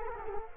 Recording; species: mosquito wingbeat signal from an infrared sensor; Culex quinquefasciatus